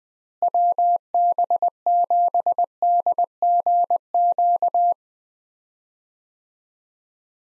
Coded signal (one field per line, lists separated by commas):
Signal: Morse code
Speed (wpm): 20 wpm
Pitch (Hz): 700 Hz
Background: none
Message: WB7DGQ